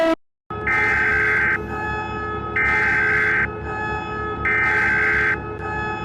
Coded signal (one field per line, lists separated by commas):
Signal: Emergency Alert System (SAME) tones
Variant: header bursts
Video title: All territories EAs alarm (Old)